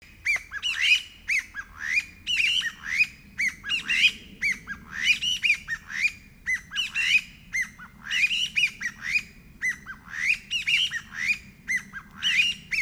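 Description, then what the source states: Chinese bamboo partridge calling loudly in a rapid repeated series of sharp, rising, squawking notes with little pause, over a faint low rumble. Recorded 23 March 2008.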